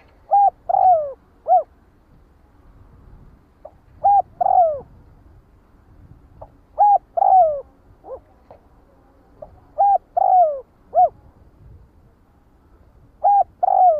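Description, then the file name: Spotted dove cooing steadily, with several phrases of brief hollow notes and a longer falling coo, recurring every few seconds over a faint low background rumble. Calling the flock. "Tieng cu dat goi bay"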